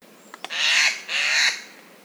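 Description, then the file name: Eurasian jay giving two harsh, rasping screeches in quick succession, each about half a second long, with a couple of faint clicks just before. "Garrulus glandarius"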